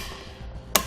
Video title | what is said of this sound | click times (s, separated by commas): DIY Install: Fit Kit for Thule Evo Clamp and Edge Clamp Roof Rack Feet on your 2019 Honda CR-V | we've got it just about tightened down our included tool is unique in that it will click when it's properly torqued so | 0.8 s